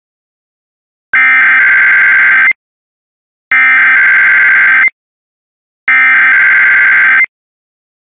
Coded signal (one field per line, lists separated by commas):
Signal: Emergency Alert System (SAME) tones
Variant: header bursts